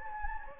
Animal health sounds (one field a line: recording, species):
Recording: mosquito wingbeat signal from an infrared sensor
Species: Anopheles gambiae